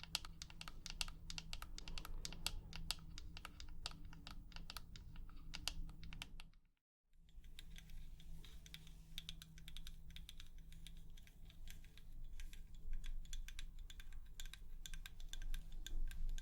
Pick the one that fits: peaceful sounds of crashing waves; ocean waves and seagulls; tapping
tapping